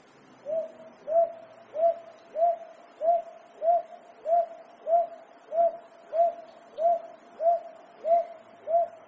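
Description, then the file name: Brown hawk-owl calling a long, steady, even series of low rising hoots. 7 May 2015. "brown hawk owl 150507"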